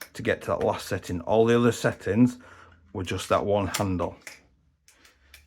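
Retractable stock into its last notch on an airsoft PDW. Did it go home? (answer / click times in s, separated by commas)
yes / 4.9 s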